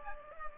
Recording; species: mosquito wingbeat signal from an infrared sensor; Culex pipiens